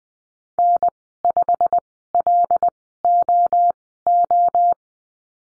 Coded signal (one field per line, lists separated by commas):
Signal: Morse code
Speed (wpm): 20 wpm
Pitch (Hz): 700 Hz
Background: none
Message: N5LOO